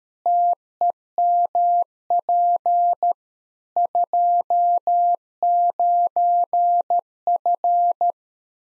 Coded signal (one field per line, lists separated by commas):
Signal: Morse code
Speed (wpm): 13 wpm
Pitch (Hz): 700 Hz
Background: none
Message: TEMP 29F